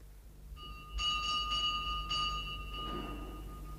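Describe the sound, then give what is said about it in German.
A pulled rectory door bell jangles in a quick burst of several bright, high strokes, its ringing tone hanging on and then fading over a low background rumble; in a radio play, the sexton yanks the bell at dawn. “Das sollte sich schon am anderen Tag in aller Herrgottsfrüh ausweisen, als der Mesner Grab beim Morgengrauen atemlos und entgeistert zum Pfarrhof rannte und an der Glocke riss.”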